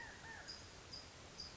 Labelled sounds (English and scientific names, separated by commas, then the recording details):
California Quail (Callipepla californica)
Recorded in Sonoma County, California